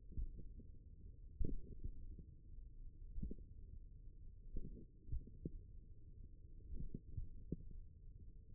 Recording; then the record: forearm muscle sounds (acoustic myography)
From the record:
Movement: finger pinch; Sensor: system 1, eight BSWA MPA416 microphones around the upper forearm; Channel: 7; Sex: male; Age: 54 years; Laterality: right